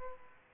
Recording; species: mosquito wingbeat signal from an infrared sensor; Aedes aegypti